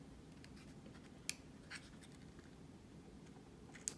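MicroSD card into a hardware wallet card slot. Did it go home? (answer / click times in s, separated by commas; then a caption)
no / none. A microSD card is handled chip side down at the spring-loaded card slot of a Coldcard hardware wallet, with faint rustling over a low steady background and brief sharp handling ticks around 1.3 s and 3.9 s. Nothing has clicked or seated yet; the card is not yet in the slot.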